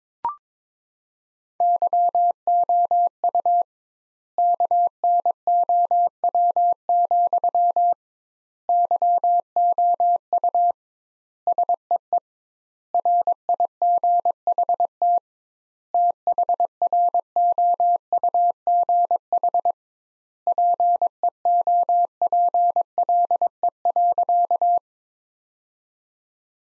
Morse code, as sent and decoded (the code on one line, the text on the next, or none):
-.-- --- ..- / -.- -. --- .-- --..-- / -.-- --- ..- / ... . . / .-. .. --. .... - / - .... .-. --- ..- --. .... / .--. . --- .--. .-.. . .-.-.-
YOU KNOW, YOU SEE RIGHT THROUGH PEOPLE.